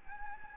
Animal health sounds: mosquito wingbeat signal from an infrared sensor; Anopheles gambiae

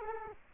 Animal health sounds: mosquito wingbeat signal from an infrared sensor; Culex quinquefasciatus

